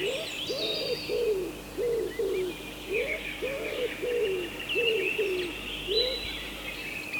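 Common wood pigeon cooing, soft low notes repeated in a steady series, with other birds calling high above.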